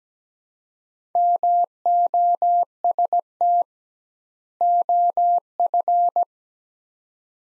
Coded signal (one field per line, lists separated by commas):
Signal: Morse code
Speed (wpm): 17 wpm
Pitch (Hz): 700 Hz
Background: none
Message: MOST OF